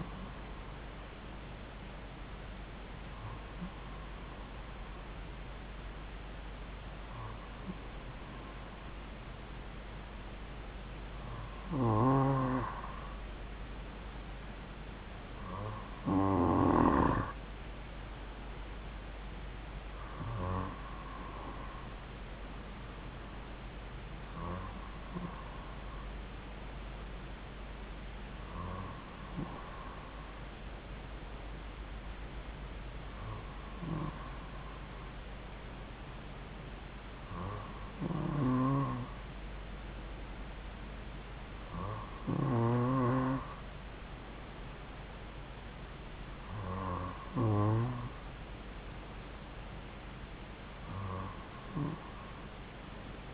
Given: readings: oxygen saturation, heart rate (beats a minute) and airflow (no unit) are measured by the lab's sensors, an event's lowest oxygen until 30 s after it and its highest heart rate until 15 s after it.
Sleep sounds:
breathing in sleep by a voice recorder at the bedside; none
none scored
From the record:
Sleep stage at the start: N2 (light sleep); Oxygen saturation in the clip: 93 to 94%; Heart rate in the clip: 54 to 56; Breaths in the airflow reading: 13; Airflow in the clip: -2.6 to 3.2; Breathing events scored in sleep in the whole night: 270 in 6.1 hours asleep

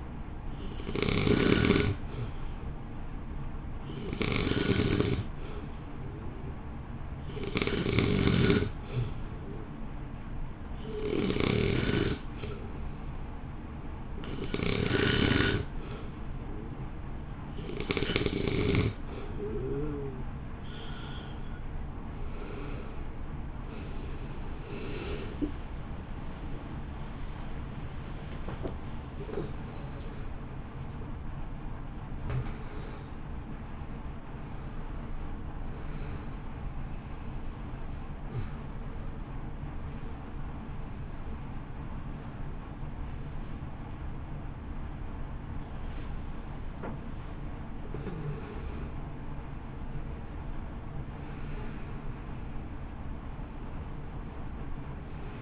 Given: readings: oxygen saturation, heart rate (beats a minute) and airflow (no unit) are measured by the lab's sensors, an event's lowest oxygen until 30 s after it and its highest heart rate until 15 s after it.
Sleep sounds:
a person awake in a sleep study, by a smartphone at the bedside; none
18.00-55.42 s: new sleep stage, awake
25.00-55.42 s: awake
25.00-55.42 s: awake
From the record:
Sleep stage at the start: N2 (light sleep); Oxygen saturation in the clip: 89 to 96%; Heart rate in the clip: 55 to 75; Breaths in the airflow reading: 13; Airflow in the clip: -2.5 to 3.8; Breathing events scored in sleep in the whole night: 328 in 6.3 hours asleep

